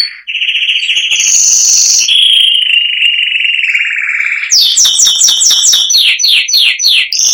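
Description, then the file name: Canary song: rolling trills shifting between pitches, then a fast series of repeated descending whistled notes. "canto do canario giboso espanhol"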